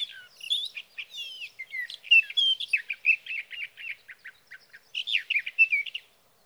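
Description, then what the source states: Sage thrasher song: long, continuous warbling with fast, sliding and scratchy notes that rise and fall throughout. Male singing through the night near his night roost, three nights from the evening of June 12 to the morning of June 15, 2018, Sierra Valley, California; Swift recorder placed near roost.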